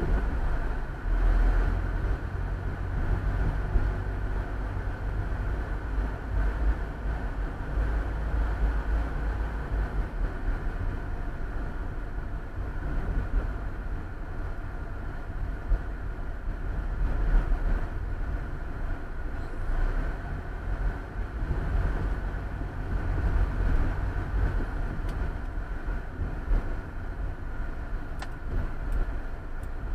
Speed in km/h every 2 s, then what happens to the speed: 24, 28, 30, 31, 32, 32, 31, 30, 28, 26, 27, 29, 29, 27, 21.
0-7 speeds up to 32. 7-24 steady at about 29. 24-30 slows to 21.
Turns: none.